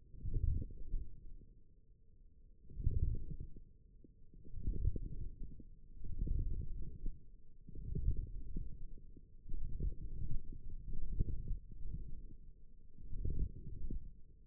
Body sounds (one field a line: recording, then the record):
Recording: forearm muscle sounds (acoustic myography)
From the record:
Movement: forearm pronation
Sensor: system 1, eight BSWA MPA416 microphones around the upper forearm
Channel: 1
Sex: male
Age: 18 years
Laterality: right